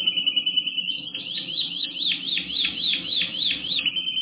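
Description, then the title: Canary song: high whistled trill, first steady, then a series of quick swooping notes, ending on a steady trill. "kenarijos"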